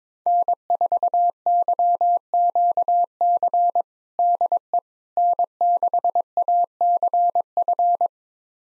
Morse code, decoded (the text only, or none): N4YQC DE N6ACF